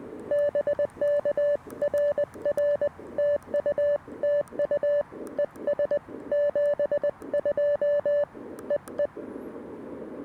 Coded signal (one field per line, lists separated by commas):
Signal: Morse code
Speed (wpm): 20 wpm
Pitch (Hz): 580 Hz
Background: none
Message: BK RR TU TU ES 72 EE